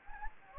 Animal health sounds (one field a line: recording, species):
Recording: mosquito wingbeat signal from an infrared sensor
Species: Anopheles gambiae